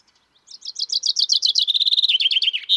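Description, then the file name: Common chaffinch song: bright notes speed into a long cascade sliding downward, then a rapid flourish close to the end. "Fringilla coelebs"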